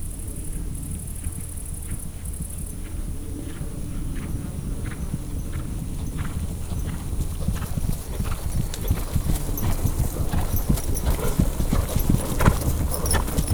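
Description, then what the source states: Horse hoofbeats, irregular clopping that grows louder toward the end, with a constant high hiss in the background. Farmyard; an ambling team of horses (poroszkáló csapat).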